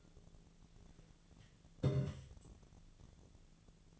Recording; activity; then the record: daily activity, microphone in the room; take from stove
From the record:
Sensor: 4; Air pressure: 1010.8 hPa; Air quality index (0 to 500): 170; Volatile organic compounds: 5 ppm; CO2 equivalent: 1726 ppm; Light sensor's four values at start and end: 38/110/44/45 and 38/110/44/45